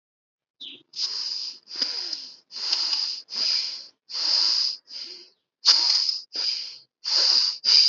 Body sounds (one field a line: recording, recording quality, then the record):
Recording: shallow breathing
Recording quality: excellent, no background noise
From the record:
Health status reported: healthy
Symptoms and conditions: none ticked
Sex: male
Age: 20 years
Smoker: not ticked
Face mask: not worn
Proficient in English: yes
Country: India